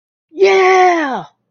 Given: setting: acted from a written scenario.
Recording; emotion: vocal sound without words; triumph